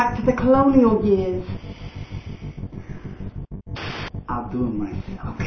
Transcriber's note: cam crackles - moves to head close-ups